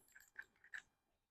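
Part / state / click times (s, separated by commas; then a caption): spindle lock button engaging the cutter spindle of a domino joiner / not seated / none. Someone handles a Festool Domino DF 500 Q joiner, pressing the spindle lock button while turning the cutter spindle by hand so the lock can engage. Two short, sharp ticks stand out at about 0.4 and 0.8 seconds over quiet handling noise. The spindle lock has not clicked into place yet.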